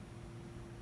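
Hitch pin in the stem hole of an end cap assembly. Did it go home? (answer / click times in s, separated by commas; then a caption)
no / none. A hitch pin is handled in the hole of a stem on an end cap assembly, to be swung from one side to the other until its spring clip snaps shut. Only a steady broadband hum with low rumble and a faint high tone is heard, with no distinct sudden sounds. The pin has not snapped closed yet, and nothing has seated.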